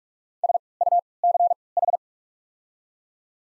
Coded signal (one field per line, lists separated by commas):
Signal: Morse code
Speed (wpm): 45 wpm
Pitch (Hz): 700 Hz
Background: none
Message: S U C H